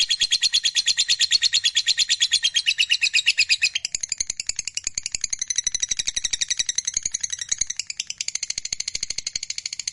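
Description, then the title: Lovebird singing a long, fast chattering trill of high pulses, shifting in pitch and texture several times without pausing. Fighter-type lovebird, singing energetically (gacor). "SUARA Lovebird FIGHTER GACOR"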